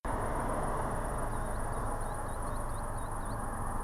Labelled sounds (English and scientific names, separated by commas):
Green Sandpiper (Tringa ochropus)